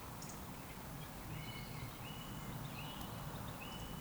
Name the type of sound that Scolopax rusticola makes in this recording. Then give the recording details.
whistle. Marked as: whistle, whistle. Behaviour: display flight. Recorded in Baden-Württemberg, Germany, on 13 June 2020 at 19:52 UTC. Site 14569, 102 m above sea level